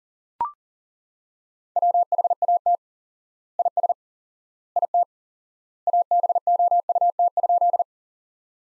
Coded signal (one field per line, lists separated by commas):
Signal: Morse code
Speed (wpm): 40 wpm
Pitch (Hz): 700 Hz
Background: none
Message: WHAT IS IT ABOUT?